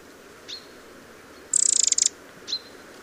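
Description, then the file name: Eurasian wren call: a single dry, high-pitched rattle of rapid clicks lasting about half a second, flanked by two brief thin tick notes. "Troglodytes troglodytes"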